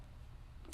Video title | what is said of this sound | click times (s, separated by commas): Folding Stock Flintlock Blunderbuss | and it clicks into place and locks up nice and tight | 0.7 s